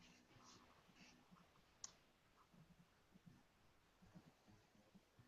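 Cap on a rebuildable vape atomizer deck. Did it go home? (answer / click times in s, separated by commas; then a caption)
no / none. The bottom portion of a cap on a rebuildable vape atomizer deck is spun counter-clockwise, the wrong way, as it tries to find its internal notch (keyway) and lock into place. Faint scraping and low rubbing are heard, with one brief sharp tick at about 1.8 s. The cap fails to lock and nothing has seated or clicked yet.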